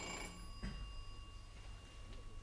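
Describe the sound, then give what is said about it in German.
A doorbell rung by police detectives at a door rings with a steady, continuous electric buzz-ring of constant pitch for the whole moment, fairly quiet, with a brief knock-like thump partway through and no one speaking. “Zunächst klingelt man harmlos.”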